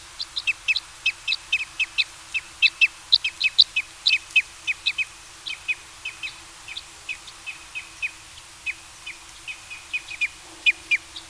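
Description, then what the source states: Red Crossbill: a rapid run of sharp, downslurred chip notes, often in quick pairs, continuing steadily throughout over a faint low hum. Red Crossbill of call type N.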